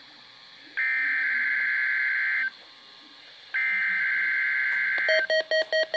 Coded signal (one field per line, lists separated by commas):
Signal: Emergency Alert System (SAME) tones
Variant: header bursts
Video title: Required Weekly Test - EAS #96